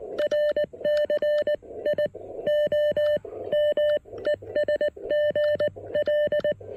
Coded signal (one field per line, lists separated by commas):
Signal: Morse code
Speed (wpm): 19 wpm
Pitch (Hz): 590 Hz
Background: none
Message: R CI OM ES GL